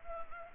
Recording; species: mosquito wingbeat signal from an infrared sensor; Culex pipiens